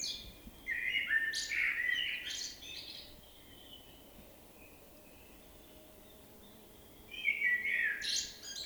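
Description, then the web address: Common blackbird song: a rich whistled phrase breaking into high twittering, then a quiet pause before another warbled phrase begins. "SETE data Turdus merula"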